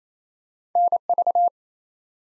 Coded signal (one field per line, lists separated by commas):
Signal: Morse code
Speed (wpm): 28 wpm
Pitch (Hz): 700 Hz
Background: none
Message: NV